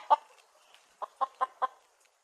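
Chicken giving a single cluck, a short pause, then four quick soft clucks in a steady series.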